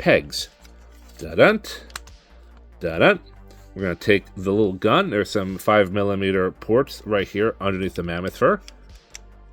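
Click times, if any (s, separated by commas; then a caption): none. A small plastic toy gun accessory is handled and brought toward the 5 mm ports under the mammoth fur on a transforming toy figure while someone talks. Faint small handling ticks are heard. Nothing has seated or clicked into the port yet.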